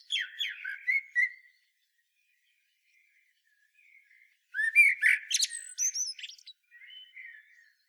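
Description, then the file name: Common blackbird song: squeaky twitters fade, a long quiet stretch, then a loud fluty and twittering phrase trailing off softly. "Turdus merula"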